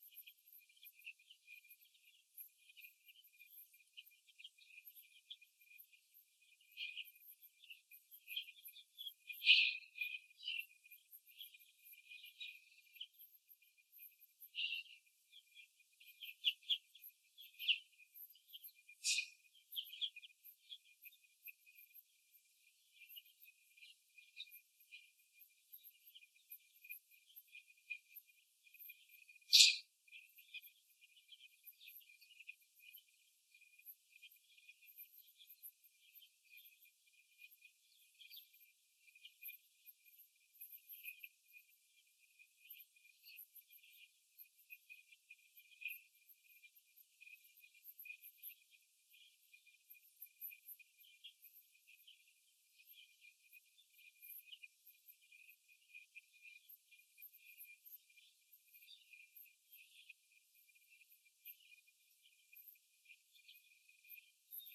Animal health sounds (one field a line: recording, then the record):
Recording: young laying hens in a cage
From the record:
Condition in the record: after the stressor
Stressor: simulated dog barking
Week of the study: 2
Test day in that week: 2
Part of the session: 1